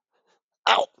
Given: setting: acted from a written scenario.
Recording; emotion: vocal sound without words; pain